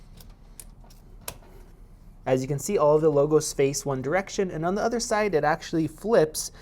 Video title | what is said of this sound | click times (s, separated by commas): 32 Core 8K Video Editing BEAST! Step by Step PC Build Guide - 2990WX | at the top and you'll actually hear a little click when it clicks in as you | 0.6 s, 1.3 s